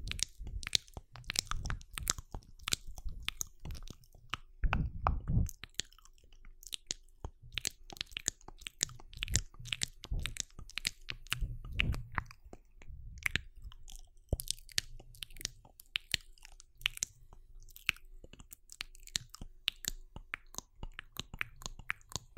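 Wet mouth sounds fill the clip: dense clicks, smacks and crunchy chewing noises crowd together with almost no pause. Heavier bursts with a thick low thump land near five and twelve seconds, while sharp bright ticks keep flickering throughout.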